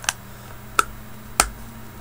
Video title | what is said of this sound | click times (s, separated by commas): BlackBerry Bold 9930 Unboxing | So, put the battery in, of course, let this thing fire up. Snap | 0.8 s, 1.4 s